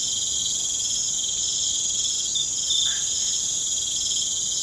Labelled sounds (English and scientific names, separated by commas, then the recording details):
none
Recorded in pastures near Puerto Asís, Putumayo, Colombia, on 29 June 2025 at 19:30
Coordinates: 0.472, -76.331
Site G095